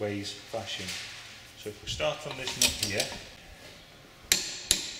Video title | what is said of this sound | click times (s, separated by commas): Service Practicals Using a Torque Wrench | tighten until you hear it click then move to the opposite tighten you'll hear click opposite | 4.3 s